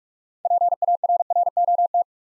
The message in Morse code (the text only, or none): PARROT